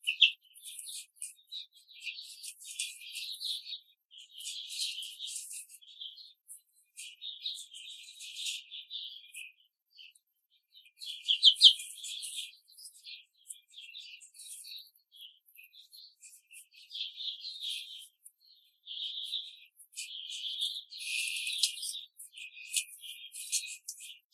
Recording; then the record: young laying hens in a cage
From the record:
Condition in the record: control cage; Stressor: none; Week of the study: 5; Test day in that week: 1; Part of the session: 1